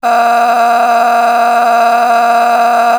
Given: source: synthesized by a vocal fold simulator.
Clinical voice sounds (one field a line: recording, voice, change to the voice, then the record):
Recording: sustained vowel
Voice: female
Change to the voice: a random mix of aspiration noise, stiffness perturbation and strain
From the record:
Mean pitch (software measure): 236 Hz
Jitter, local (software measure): 1.83%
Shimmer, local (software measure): 11.7%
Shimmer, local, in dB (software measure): 1.03 dB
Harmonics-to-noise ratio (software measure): 11.4 dB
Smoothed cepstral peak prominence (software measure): 12.0 dB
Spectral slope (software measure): -17.5 dB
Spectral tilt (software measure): -8.8 dB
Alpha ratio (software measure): -8.0 dB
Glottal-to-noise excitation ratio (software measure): 0.774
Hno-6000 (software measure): 1.8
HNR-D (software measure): 33.4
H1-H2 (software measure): -2.3 dB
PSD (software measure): 9.7e-05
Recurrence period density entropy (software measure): 0.126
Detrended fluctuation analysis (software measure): 0.0120